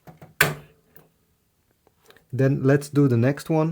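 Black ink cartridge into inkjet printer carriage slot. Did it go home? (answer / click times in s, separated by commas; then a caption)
yes / 0.4 s. A black ink cartridge is dropped into its slot in the carriage of an Epson WF-7820 inkjet printer and pushed on the marked circle until it clicks into place. After a couple of faint taps, one loud, sharp plastic click is heard at 0.4 s as the cartridge seats, then someone talks.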